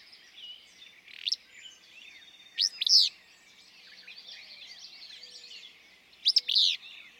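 Willow flycatcher song: three sharp, burry phrases, each a quick upward note and a buzzy downslur, amid constant twittering from other birds.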